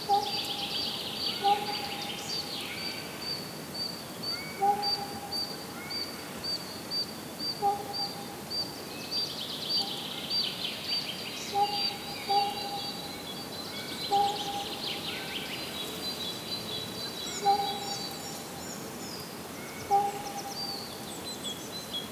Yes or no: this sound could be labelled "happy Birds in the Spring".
yes